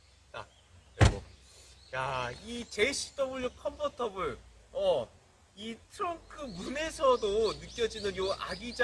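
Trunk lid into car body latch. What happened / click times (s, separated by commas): The lid latched shut / 1.0 s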